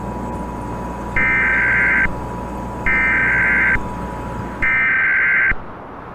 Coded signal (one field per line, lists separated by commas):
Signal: Emergency Alert System (SAME) tones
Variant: header bursts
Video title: EAS Scenario: The Mist